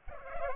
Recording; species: mosquito wingbeat signal from an infrared sensor; Culex pipiens